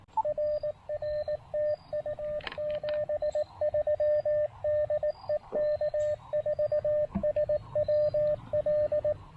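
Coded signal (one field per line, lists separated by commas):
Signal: Morse code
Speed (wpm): 18 wpm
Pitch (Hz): 590 Hz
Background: radio noise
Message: RR TU 73 DE K4SWL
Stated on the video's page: CW Parks on the Air activation with an Elecraft KX2 and a borrowed antenna.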